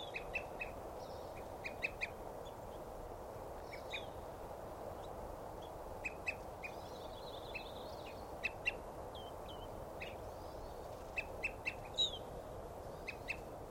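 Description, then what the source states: Evening Grosbeak calls: short, clear notes given in loose clusters, some doubled, repeated irregularly over a steady low background hiss. An evening grosbeak calling nearby; field recording.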